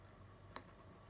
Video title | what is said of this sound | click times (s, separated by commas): SQUAPE R[ELOADED] - IN-DEPTH REVIEW | there's a click now one thing as well to know is that | 0.6 s